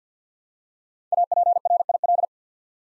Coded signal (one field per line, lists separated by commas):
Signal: Morse code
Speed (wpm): 49 wpm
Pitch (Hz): 700 Hz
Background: none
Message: APRIL